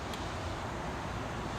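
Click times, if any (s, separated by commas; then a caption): none. With the lock lever lifted, a metal bobbin case is held square and lined up in the front-loading hook of a Brother Pacesetter F sewing machine. Only a steady, even broadband hiss and low rumble is heard, with no sharp sounds. The bobbin case has not snapped in yet, and nothing clicks.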